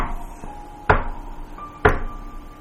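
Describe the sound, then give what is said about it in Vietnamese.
Two sharp, solid knocks on a door of the room next door, the landlord's room, about a second apart, each ringing out briefly against a low background hum with no voices. “Bạn với lại vợ bạn nằm bấm điện thoại thì nghe cái tiếng gõ cửa phát ra ngay chỗ cái phòng kế bên là phòng của bác chủ nhà.”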